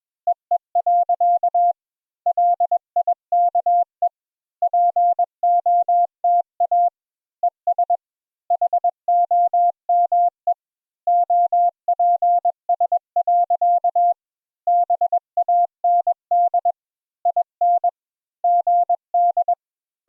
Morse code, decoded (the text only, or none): EE. LIKE POTA ES HOME OPS. BAND IN GD